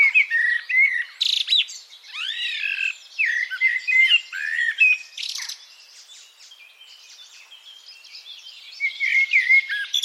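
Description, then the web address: Bird song that starts loud with repeated arching whistles and harsh buzzes, then fades to soft background chatter before a final burst of chirps. "cianscape birddata Deverinetal 2025 Bird Only"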